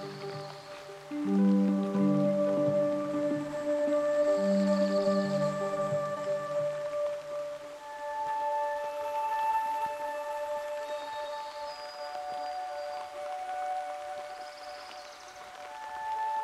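Outdoors at the foot of Pyramid Mountain on the Patricia Lake Loop Trail, long steady humming tones hold throughout. Low droning bursts swell around one to three seconds and again near four to six seconds, then fade, leaving higher sustained whistling tones over a quieter background.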